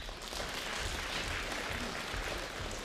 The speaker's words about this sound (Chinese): 谢谢您， 谢谢。 谢谢您的掌声。